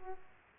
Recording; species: mosquito wingbeat signal from an infrared sensor; Aedes aegypti